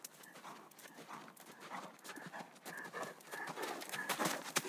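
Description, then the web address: Horse galloping, a quick broken rhythm of soft thudding hooves and gritty scraping that grows louder toward the end. Galloping outside in sand. "G 4 F SFX - Horses G 4 F SFX 06-HORSES"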